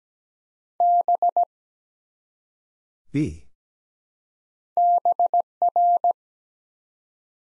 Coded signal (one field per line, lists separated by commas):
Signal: Morse code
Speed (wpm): 17 wpm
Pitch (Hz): 700 Hz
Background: none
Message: B BR